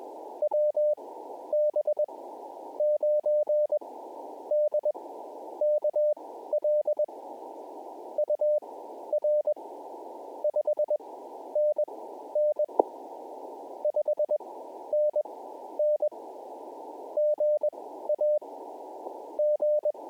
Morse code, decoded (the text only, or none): WB9DKL UR 5NN 5NN GA G